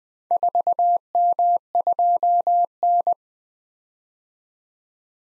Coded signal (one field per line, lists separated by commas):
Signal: Morse code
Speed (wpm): 20 wpm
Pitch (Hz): 700 Hz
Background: none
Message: 4M2N